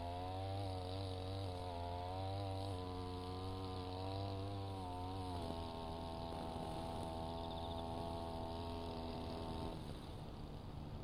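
A brush cutter engine drones steadily, its pitch wavering and stepping up and down as it works, with a faint high hiss above.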